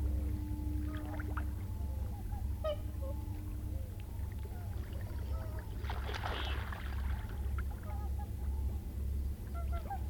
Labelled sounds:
Common Goldeneye (Bucephala clangula)
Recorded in the wild
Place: Ralswieker Forst und Boddenufer, Rügen, Mecklenburg-Vorpommern, DE
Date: 1969-04-06
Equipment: NAGRA III BH, Sennheiser MD21 mit Reflektor (d=75 cm, Glasfiber) und Stativ
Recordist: Schubert, Michael

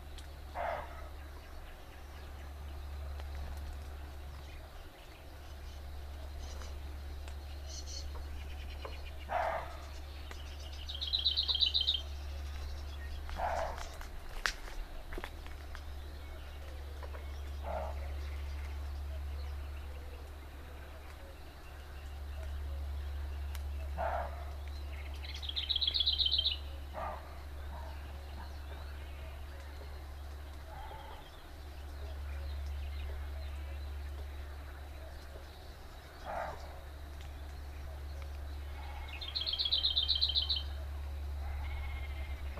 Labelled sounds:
Lesser Whitethroat (Sylvia curruca) song
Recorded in the wild
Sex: male
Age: adult
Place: Gartz (Oder), Nationalpark Unteres Odertal, Brandenburg, DE
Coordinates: 53.1322, 14.377
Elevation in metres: 1
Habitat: willows
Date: 2014-05-07 20:44
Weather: cloudy, 18°C, almost windless
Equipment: Sound Devices 702, Sennheiser MKH 70, Rycote Windschutz
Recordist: Frommolt, Karl-Heinz

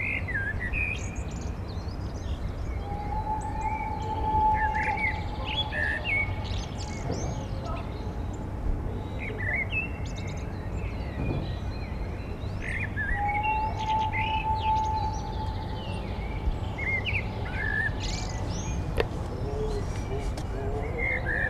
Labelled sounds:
Common Blackbird (Turdus merula) song
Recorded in the wild
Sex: male
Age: adult
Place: Garmisch-Partenkirchen, Bayern, DE
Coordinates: 47.4933, 11.0636
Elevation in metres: 786
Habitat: mountains
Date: 1980-04-01
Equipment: Uher 4000, Sennheiser MKH 415 T
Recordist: Tretzel, Erwin

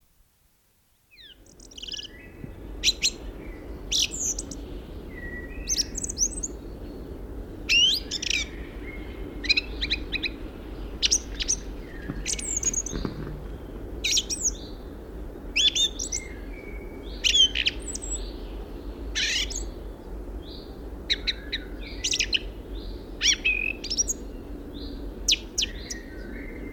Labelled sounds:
Song Thrush (Turdus philomelos) song
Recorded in the wild
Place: Liddower Haken, Insel Rügen, Mecklenburg-Vorpommern, DE
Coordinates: 54.5667, 13.3833
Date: 1970-03-04
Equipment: Nagra III BH, Sennheiser MD 21, parabola
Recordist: Schubert, Michael

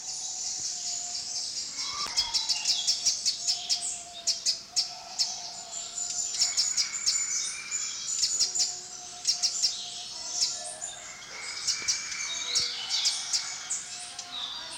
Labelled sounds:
Copper Sunbird (Cinnyris cupreus) call
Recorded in captivity
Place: Zoo Berlin, Berlin, DE
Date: 1987-02-06 11:13
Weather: cloudy, windy 3°
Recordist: Tembrock, Günter

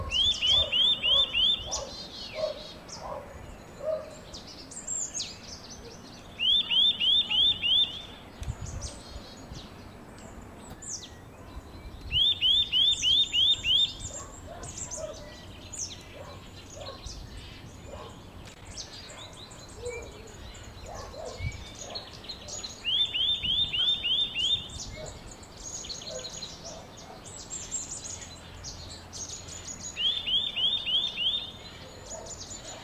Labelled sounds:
Eurasian Nuthatch (Sitta europaea) song
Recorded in the wild
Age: adult
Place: Bled, SI
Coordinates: 46.37, 14.11
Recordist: Brunner, Thomas

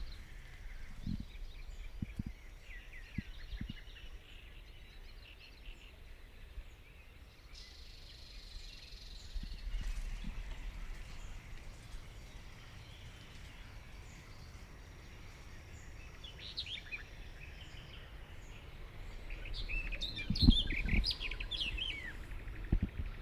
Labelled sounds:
Barred Warbler (Sylvia nisoria) song
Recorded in the wild
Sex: male
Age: adult
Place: Hobrechtsfelder Rieselfelder, Naturpark Barnim, Berlin, DE
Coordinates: 52.6664, 13.4703
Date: 2009-05-21
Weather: fair, ca. 15°C, no wind
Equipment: Sound Devices 702, Sennheiser MKH 70, Rycote Windschutz
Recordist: Frommolt, Karl-Heinz

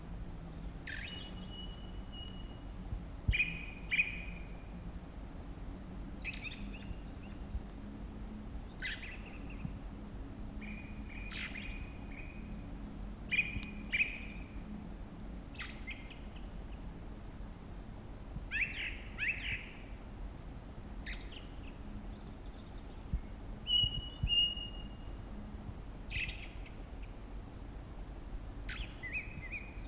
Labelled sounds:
Ring Ouzel (Turdus torquatus) song
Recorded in the wild
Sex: male
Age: adult
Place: Gerlitzen, Kärnten, AT
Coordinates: 46.6933, 13.9158
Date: 1971-05-12
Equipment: Sony TCD-D10, Sennheiser MKH 804
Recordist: Brunner, Thomas
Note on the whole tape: Auf der Gerlitzen aufgenommen

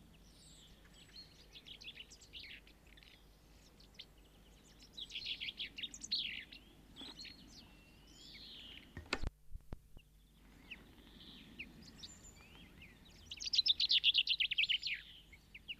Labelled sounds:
Common Chaffinch (Fringilla coelebs) song
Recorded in the wild
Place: Kaiserslautern, Rheinland-Pfalz, DE
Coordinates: 49.4358, 7.8376
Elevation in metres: 282
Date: 1977-03-01
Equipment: Nagra IV, Sennheiser MKH 405, Parabolreflektor
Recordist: Tretzel, Erwin

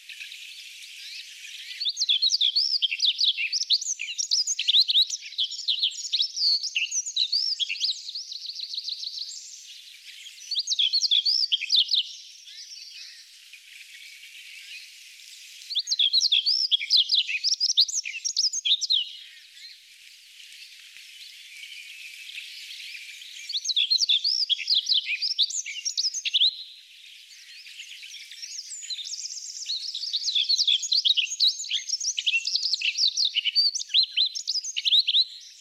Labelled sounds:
Himalayan Rubythroat (Luscinia pectoralis) song
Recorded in the wild
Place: Almaty Pik 3400 m, KZ
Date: 2000-05-26
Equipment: MiniDisc Sharp MT 20 H
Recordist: Schwarz, Dieter

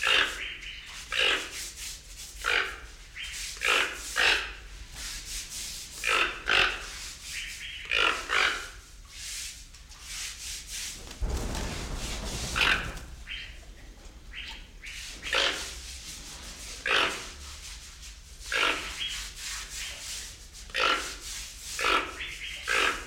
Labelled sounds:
Toco Toucan (Ramphastos toco)
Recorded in captivity
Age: adult
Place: Zoo Berlin, Berlin, DE
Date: 1993-03-06 10:54
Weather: 3-6 °C, heiter bis wolkig
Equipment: Marantz CP 430, Sennheiser ME 80, Kopie Uher Variocord 263
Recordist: Tembrock, Günter
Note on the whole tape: Schnarrlaute von 2 Tieren gegen Pfleger (2 m)

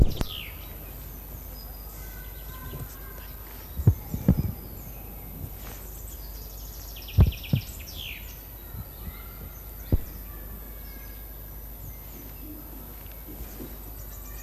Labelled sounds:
Common Chaffinch (Fringilla coelebs) song
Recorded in the wild
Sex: male
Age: adult
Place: Hermsdorfer Forsten, Berlin, DE
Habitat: wood
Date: 2005-05-05 13:12
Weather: cloudy, 12°C
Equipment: Sony WM-D6C, Sony ECM-MS 907, Kopie Uher 4000 Report Monitor
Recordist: Tembrock, Günter

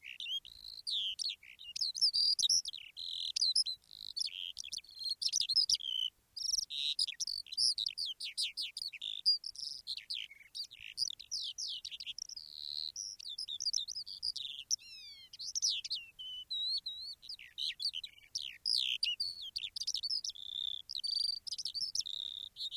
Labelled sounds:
Eurasian Skylark (Alauda arvensis)
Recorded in the wild
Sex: male
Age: adult
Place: Erlangen, OT Schallershof, Bayern, DE
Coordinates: 49.5792, 10.9736
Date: 1962-05-13
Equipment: Stellavox SM 5, Vorverstärker, Original, Vollspur
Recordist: Tretzel, Erwin

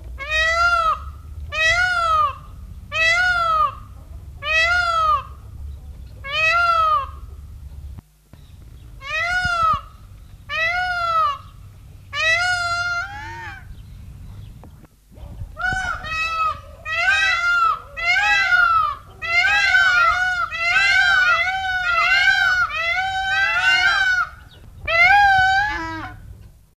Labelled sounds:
Indian Peafowl (Pavo cristatus) call
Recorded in captivity
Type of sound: call
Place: Stadtpark Lahr, Baden-Württemberg, DE
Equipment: Halbspur, 9,5 cm/s
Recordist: Lütgens, Hans
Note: Rufe

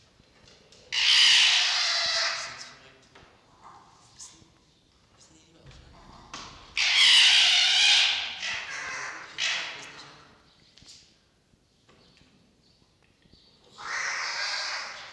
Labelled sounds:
Red Fox (Vulpes vulpes)
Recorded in captivity
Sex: female
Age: adult
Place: Zoologisches Institut der HUB, Berlin, DE
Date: 1953-02-10
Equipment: Elmetra
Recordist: Tembrock, Günter
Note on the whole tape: Fiffi ("Sprödigkeit"): Keifen und offenes Knurren

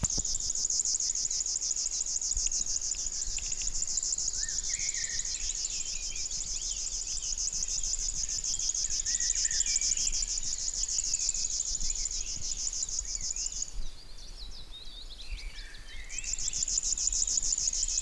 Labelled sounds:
River Warbler (Locustella fluviatilis) song
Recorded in the wild
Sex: male
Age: adult
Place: Anklam, Mecklenburg-Vorpommern, DE
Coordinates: 53.9, 13.7
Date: 1989-05-20 17:45
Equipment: Uher 4400 Report Monitor, Sennheiser ME 80, K 30 AV
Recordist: Fischer, Stefan

